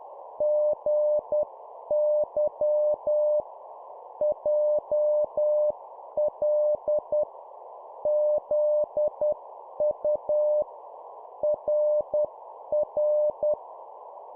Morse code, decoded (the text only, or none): GY JL ZU RR